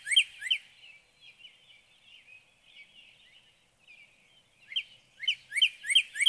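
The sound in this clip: Northern cardinal: a pair of slurred whistles, a gap of faint twittering, then a renewed string of descending whistled notes repeated rapidly.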